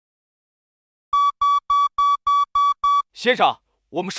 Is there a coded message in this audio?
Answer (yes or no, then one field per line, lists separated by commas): no